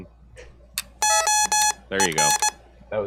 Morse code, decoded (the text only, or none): OEN